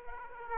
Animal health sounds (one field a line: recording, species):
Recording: mosquito wingbeat signal from an infrared sensor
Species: Aedes aegypti